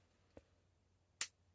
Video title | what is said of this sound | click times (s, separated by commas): Victorinox Escort Swiss Army Knife 0.6123 - #SuperSakSaturday @ThriftyKaniffy | but it does have quite a nice snap to it I will say for quite a light pull you can really hear it snapping up | 1.2 s